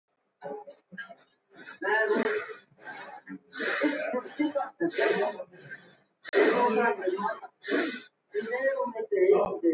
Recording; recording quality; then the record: shallow breathing; moderate, slight background noise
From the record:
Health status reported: healthy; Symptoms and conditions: none ticked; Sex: male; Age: 24 years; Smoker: yes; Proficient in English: yes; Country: India